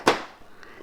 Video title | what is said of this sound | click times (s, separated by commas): Your Epson Printer Says Ink Pad Needs Service - End Of Life Here's What to Do | Then slide the panel back on until it snaps into place, and tighten the screw. | 0.1 s